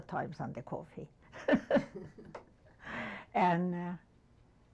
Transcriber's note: laughs